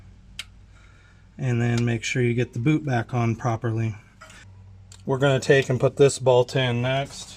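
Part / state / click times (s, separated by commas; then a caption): wiring harness connector into alternator / seated / 0.4 s. A wiring harness connector is pushed back onto the alternator of a 2006 Honda Pilot after the alternator is replaced. It seats with a sharp click at 0.4 s, and then someone talks.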